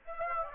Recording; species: mosquito wingbeat signal from an infrared sensor; Aedes aegypti